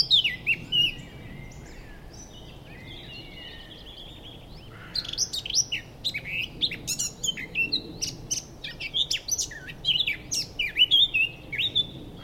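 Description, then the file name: Eurasian blackcap song: one varied warbled phrase, a short pause, then a longer burst of fast scratchy and whistled notes. "Sylvia atricapilla"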